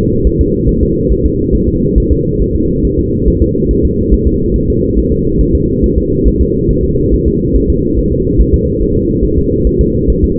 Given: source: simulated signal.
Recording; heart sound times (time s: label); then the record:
fetal heart sounds
0.27 s: S1
0.41 s: S2
0.69 s: S1
0.83 s: S2
1.12 s: S1
1.25 s: S2
1.55 s: S1
1.69 s: S2
1.98 s: S1
2.12 s: S2
2.42 s: S1
2.55 s: S2
2.85 s: S1
2.99 s: S2
3.28 s: S1
3.42 s: S2
3.71 s: S1
3.85 s: S2
4.14 s: S1
4.27 s: S2
4.56 s: S1
4.70 s: S2
4.98 s: S1
5.12 s: S2
5.41 s: S1
5.55 s: S2
5.84 s: S1
5.98 s: S2
6.28 s: S1
6.41 s: S2
6.71 s: S1
6.84 s: S2
7.14 s: S1
7.28 s: S2
7.56 s: S1
7.70 s: S2
7.99 s: S1
8.12 s: S2
8.41 s: S1
8.54 s: S2
8.82 s: S1
8.96 s: S2
9.25 s: S1
9.38 s: S2
9.67 s: S1
9.81 s: S2
10.10 s: S1
10.24 s: S2
From the record:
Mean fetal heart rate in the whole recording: 140 bpm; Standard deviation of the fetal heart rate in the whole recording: 2 bpm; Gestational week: 34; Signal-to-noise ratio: -14.7 dB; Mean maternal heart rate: 72 bpm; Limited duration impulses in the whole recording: present